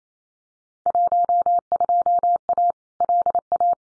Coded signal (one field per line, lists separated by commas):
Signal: Morse code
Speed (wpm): 28 wpm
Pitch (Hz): 700 Hz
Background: none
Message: 12A LA